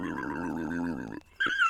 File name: Pig Scream